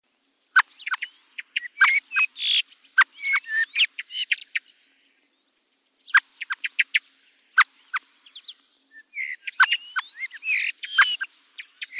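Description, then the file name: Thrush sings varied phrases of crisp high notes, warbled whistles and quick repeated chips, with short silent gaps between groups of notes. "TORDO"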